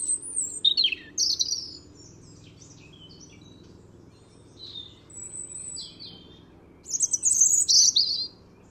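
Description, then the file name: European robin song of sharp, high, descending slurs and scratchy twitters, a quieter stretch of soft thin notes, then a loud rapid trilling flourish. "Erithacus rubecula"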